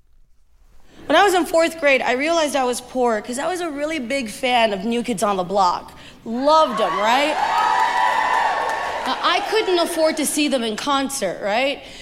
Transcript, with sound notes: When I was in fourth grade, I realized I was poor 'cause I was a really big fan of New Kids On The Block. Loved them, right?
(CHEERING)
I couldn't afford to see them in concert, right?